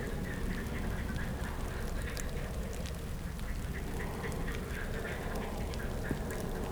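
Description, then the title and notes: Frogs calling in a dense chorus, short croaking notes overlapping rapidly throughout, over a heavy low rumble. Frogs woken by a passing helicopter, Chindrieux, France. "RRCH+PF Chindrieux, France - grenouilles. Le passage d'un hélicoptère réveille les grenouilles"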